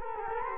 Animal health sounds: mosquito wingbeat signal from an infrared sensor; Culex quinquefasciatus

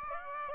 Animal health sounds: mosquito wingbeat signal from an infrared sensor; Aedes aegypti

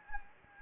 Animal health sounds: mosquito wingbeat signal from an infrared sensor; Anopheles gambiae

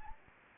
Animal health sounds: mosquito wingbeat signal from an infrared sensor; Anopheles gambiae

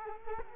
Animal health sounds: mosquito wingbeat signal from an infrared sensor; Culex quinquefasciatus

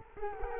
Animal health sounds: mosquito wingbeat signal from an infrared sensor; Culex quinquefasciatus

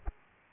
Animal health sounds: mosquito wingbeat signal from an infrared sensor; Aedes aegypti

